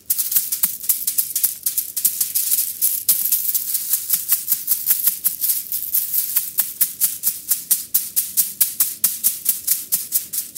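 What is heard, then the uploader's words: Chinese bamboo massage: quick, crisp bamboo strikes tap along steadily for the whole stretch, roughly four or five per second in an even rhythm. Each hit is sharp and bright with a short tail. A faint low murmur sits underneath. ASMR Chinese Bamboo Massage.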